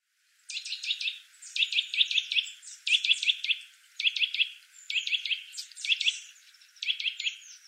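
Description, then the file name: Eurasian nuthatch giving clustered sharp chirping notes, quick trills of three to five high tones in bursts about every second, steady and insistent. "Sitta europaea"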